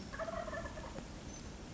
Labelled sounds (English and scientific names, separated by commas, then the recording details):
Wild Turkey (Meleagris gallopavo)
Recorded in Sonoma County, California